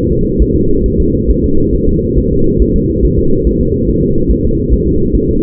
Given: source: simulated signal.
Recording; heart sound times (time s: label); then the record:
fetal heart sounds
0.12 s: S2
0.42 s: S1
0.56 s: S2
0.86 s: S1
1.00 s: S2
1.30 s: S1
1.44 s: S2
1.75 s: S1
1.89 s: S2
2.19 s: S1
2.32 s: S2
2.62 s: S1
2.76 s: S2
3.05 s: S1
3.19 s: S2
3.47 s: S1
3.61 s: S2
3.89 s: S1
4.03 s: S2
4.31 s: S1
4.45 s: S2
4.73 s: S1
4.87 s: S2
5.15 s: S1
5.29 s: S2
From the record:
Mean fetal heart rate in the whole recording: 140 bpm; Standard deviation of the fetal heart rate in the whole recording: 2 bpm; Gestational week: 34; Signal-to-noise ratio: -16.4 dB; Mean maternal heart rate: 72 bpm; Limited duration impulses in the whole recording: present